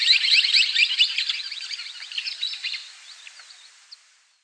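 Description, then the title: Scimitar-billed woodcreeper call: a rapid, high chattering series of sharp descending notes that grows softer and trails off into a few scattered chips. "LuckyPassaro Completos2Sama. Scimitar-billed Woodcreeper (Drymornis bridgesii)"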